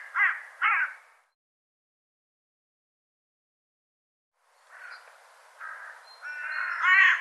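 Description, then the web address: Bird giving two quick, rough calls, a long silence, then a cluster of harsher, strained caws growing louder. "cianscape birddata"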